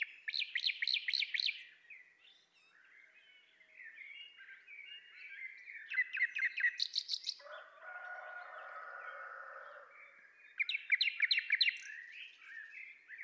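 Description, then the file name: Common nightingale song with three loud bursts of fast repeated notes, separated by quieter warbling and a stretch of lower churring. "Luscinia megarhynchos"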